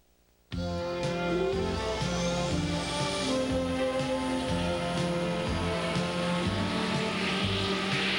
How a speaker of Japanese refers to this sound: これ飛行機っていうやつじゃねえか。オラ海に潜ってほしいんだぞ。 いいの、これは海にも潜っちゃうんだから。